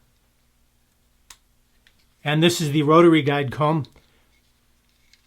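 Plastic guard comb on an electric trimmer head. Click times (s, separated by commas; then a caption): 1.3 s. A plastic body guard comb is pulled off an electric trimmer head and unclips with a sharp click at 1.3 s, followed by a few faint ticks. Someone then talks for about a second and a half.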